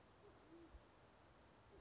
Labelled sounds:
Band-tailed Pigeon
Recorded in Sonoma County, California

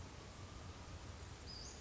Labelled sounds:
Western Flycatcher
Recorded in Sonoma County, California

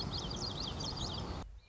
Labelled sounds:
Common Yellowthroat
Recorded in Sonoma County, California

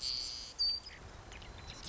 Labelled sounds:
Marsh Wren
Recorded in Sonoma County, California

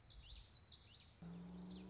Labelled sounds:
Common Yellowthroat
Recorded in Sonoma County, California

